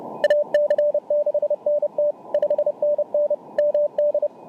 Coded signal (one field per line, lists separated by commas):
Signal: Morse code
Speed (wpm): 28 wpm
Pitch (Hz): 590 Hz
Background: radio noise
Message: AC6NT 5NN MD